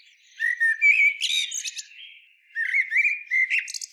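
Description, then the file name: Common blackbird giving two phrases, each a low whistled note that breaks into squeaky, chattering twitters. "Turdus merula"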